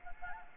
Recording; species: mosquito wingbeat signal from an infrared sensor; Anopheles arabiensis